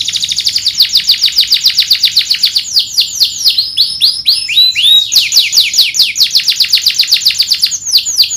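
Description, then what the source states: Domestic canary pouring out continuous rapid trilling, the repeated notes changing shape midway into rolling swoops before the fast trill resumes. Canary singing gacor, with cengkok phrasing and isian song fills; kicaumania songbird hobby.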